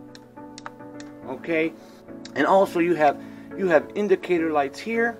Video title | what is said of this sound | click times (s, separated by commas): Fimi x8 se 2020 Quick Review & Tutorial Setup Part.1 | and it's got a really nice click to it | 0.6 s, 0.7 s